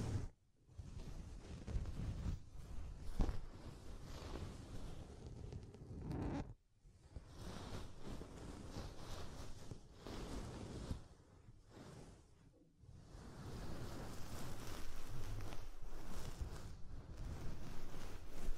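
Soft, fluffy ASMR triggers rub and brush over the microphone in dense, rustling bursts, with a low rumbling undertone. The scratching swells and fades unevenly, dropping to near silence around 0.5, 6.5 and 12.7 seconds before resuming, somewhat fuller in the last stretch.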